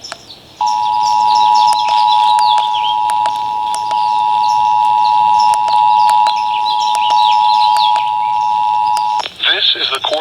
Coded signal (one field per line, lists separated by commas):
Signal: Emergency Alert System (SAME) tones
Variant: 853 and 960 Hz attention tone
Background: speech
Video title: The Tests Before Summer School (Monthly EAS Tests from 6/13/23) (EAS #1,331-1,340)